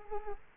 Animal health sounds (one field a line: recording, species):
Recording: mosquito wingbeat signal from an infrared sensor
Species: Culex quinquefasciatus